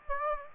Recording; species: mosquito wingbeat signal from an infrared sensor; Aedes aegypti